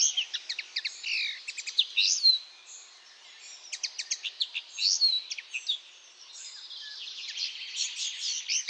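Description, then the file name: Common linnet giving fast twittering chirps and brief twangy notes in uneven bursts, with a couple of short pauses, over a soft steady background hiss. "MAKOLAGWA"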